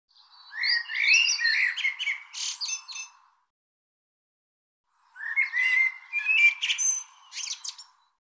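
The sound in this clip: Bird calls in two bursts of mixed chirps, squawky notes and buzzy phrases, with a pause of about two seconds between them.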